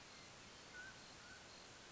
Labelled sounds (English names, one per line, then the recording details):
Mountain Quail
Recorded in Sonoma County, California